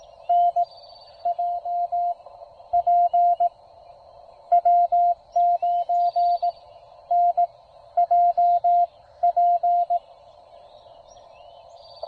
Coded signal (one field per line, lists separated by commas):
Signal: Morse code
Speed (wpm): 18 wpm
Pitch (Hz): 700 Hz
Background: none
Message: NJP W9NJP